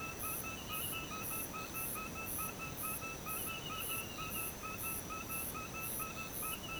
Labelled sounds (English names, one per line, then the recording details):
none
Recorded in pastures near Puerto Asís, Putumayo, Colombia, on 21 March 2025 at 05:30
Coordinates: 0.486, -76.323
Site G075